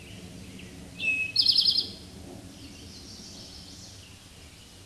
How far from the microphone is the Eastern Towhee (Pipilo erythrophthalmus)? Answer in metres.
about 10 m